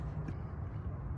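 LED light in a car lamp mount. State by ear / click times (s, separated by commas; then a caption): not seated / none. An LED light is handled at its lamp mount in a 5th Gen ZL1 Camaro during an LED light upgrade, with steady low rumbling and a brief soft rustle partway through. Nothing has seated or clicked yet.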